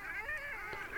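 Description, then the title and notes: Long-tailed Duck calls, a continuous mix of bending, nasal tones from more than one bird, with gentle pitch swoops throughout. "Alli. Pertti Koskimies"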